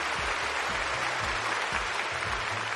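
A steady burst of applause, dense and even, with many hands clapping at once and a low murmur of voices running underneath throughout.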